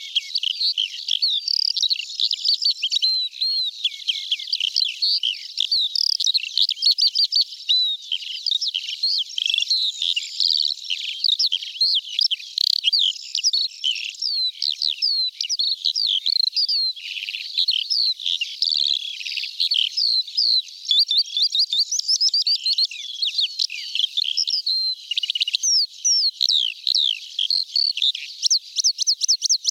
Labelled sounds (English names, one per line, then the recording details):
Eurasian Skylark song
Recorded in the wild
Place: Nagyivan / Hortobagy Nationalpark, HU
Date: 1990-05-15
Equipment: stereo
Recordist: Schwarz, Dieter